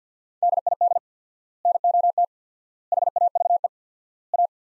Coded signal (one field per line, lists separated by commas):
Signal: Morse code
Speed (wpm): 50 wpm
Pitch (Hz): 700 Hz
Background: none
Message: DID NOT HAVE A